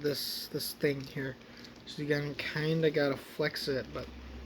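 A plastic transformation joint on an action figure's backpack/chest area is flexed by hand during the figure's conversion while someone talks. Nothing has seated or clicked yet; the part has not locked into place by the end of the clip.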